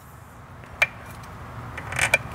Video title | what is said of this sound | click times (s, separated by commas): PR Ignition Coils - Detailed Installation Guide | i pop my spark plug wires back onto the coil making sure they click in place | 0.8 s, 2.1 s